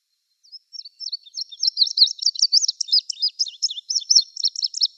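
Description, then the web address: Indigo bunting singing a bright, high-pitched phrase of paired chirps that starts soft and grows louder, lasting about four and a half seconds. "Schulze Peter Indigo Bunting song"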